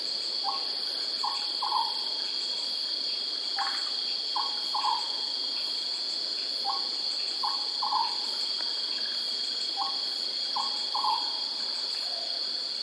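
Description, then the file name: Oriental Scops Owl giving short low notes in groups of three every few seconds, over a steady high insect drone. Recorded at Sinharaja, Deniyaya. "Oriental S Owl frogs Sinharaja Deniyaya"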